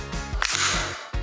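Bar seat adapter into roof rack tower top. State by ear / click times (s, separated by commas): seated / 0.4 s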